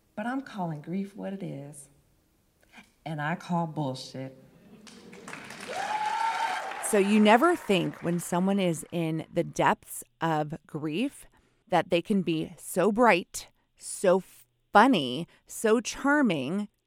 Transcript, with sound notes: But I'm calling grief what it is. And I call bullshit.
(applause) So you never think when someone is in the depths of grief that they can be so Bright, so funny, so charming.